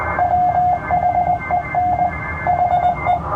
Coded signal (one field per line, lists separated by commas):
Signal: Morse code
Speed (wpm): 20 wpm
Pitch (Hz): 720 Hz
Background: radio noise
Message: WHEN HE